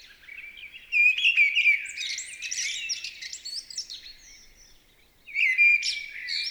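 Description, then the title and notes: Mistle thrush song, a loud burst of clear whistles and rasping notes fading away, then a quiet gap before a second phrase begins near the end. Recorded 28 March 2020 at Val Maravel in stereo with a Nagra LB and MKH40 microphone, with no aircraft noise at the time; bird singing with great vocal fervour. "UNE DRAINE ENCHANTEE. 28 mars 2020-Val Maravel. Voici la belle Grive draine (Turdus viscivorus) dans toute sa ferveur vocale"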